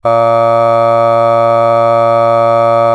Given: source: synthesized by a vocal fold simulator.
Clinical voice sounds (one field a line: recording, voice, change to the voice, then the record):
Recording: sustained vowel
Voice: male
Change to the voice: aspiration noise (breathiness), level 4 of 10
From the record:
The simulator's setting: 0.52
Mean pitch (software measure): 115 Hz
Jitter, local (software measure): 0.28%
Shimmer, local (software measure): 1.7%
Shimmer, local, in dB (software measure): 0.15 dB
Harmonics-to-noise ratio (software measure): 26.7 dB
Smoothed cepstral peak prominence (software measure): 20.7 dB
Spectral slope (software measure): -17.2 dB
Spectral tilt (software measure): -9.2 dB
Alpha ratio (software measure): -7.7 dB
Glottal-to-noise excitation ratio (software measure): 0.990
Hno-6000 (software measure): 2.5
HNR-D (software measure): 24.3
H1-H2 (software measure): 4.9 dB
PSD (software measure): 2.3e-05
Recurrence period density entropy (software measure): 0.107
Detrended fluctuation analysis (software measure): 0.0541